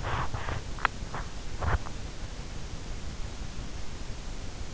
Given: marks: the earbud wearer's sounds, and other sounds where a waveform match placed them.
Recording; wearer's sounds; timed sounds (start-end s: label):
sounds in sleep by an in-ear microphone; teeth grinding
0.14-1.88 s: teeth grinding